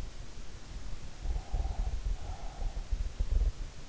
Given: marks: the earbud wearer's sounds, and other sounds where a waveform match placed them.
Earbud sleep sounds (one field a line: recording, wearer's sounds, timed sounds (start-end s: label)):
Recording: sounds in sleep by an in-ear microphone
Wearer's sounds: breath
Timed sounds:
1.13-3.14 s: breath